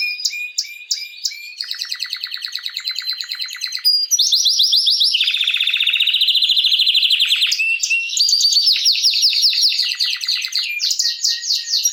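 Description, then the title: Canary song: loud rolling trills and rapid repeated notes that shift between several tempos. Male Belgian canary singing a lot, used for training and warming up young birds; bird named Raiden. "Canary Training Esquente Seu Filhote E Canario Belga Macho Cantando Muito. Canrio Belga RAIDEN Cantando Muito - Esquente seu Canrio Belga"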